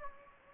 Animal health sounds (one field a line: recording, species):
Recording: mosquito wingbeat signal from an infrared sensor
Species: Anopheles gambiae